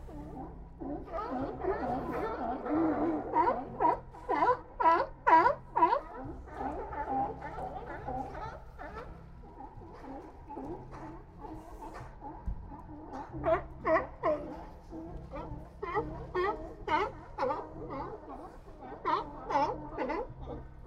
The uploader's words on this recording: Old Fisherman's Wharf - Monterey Bay, CA. Zoom H6 XY Stereo Mic Capsule. Magnetic Microphone Mounts.